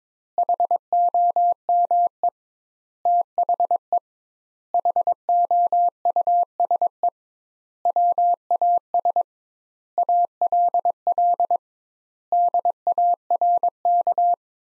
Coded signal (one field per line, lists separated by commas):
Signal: Morse code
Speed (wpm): 22 wpm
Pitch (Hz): 700 Hz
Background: none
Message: HOME THE HOUSE WAS ALL DARK